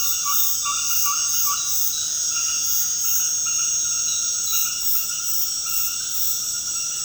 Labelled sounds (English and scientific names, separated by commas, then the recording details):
Ferruginous Pygmy-Owl (Glaucidium brasilianum)
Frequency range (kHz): Ferruginous Pygmy-Owl (Glaucidium brasilianum) 0.5-1.8 kHz
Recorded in secondary vegetation near Puerto Asís, Putumayo, Colombia, on 20 February 2024 at 20:00
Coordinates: 0.472, -76.331
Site G6371